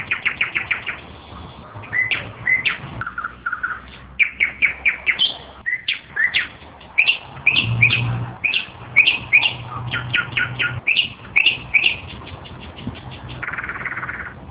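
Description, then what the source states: Nightingale in full song: rapid sequences of sharp repeated notes, liquid whistles and churring bursts, changing pattern every few seconds, with a faint low hum behind. Recorded on 7 May 2012.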